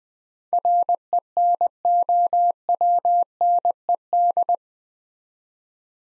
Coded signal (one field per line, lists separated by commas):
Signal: Morse code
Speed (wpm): 20 wpm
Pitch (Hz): 700 Hz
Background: none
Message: RENOWNED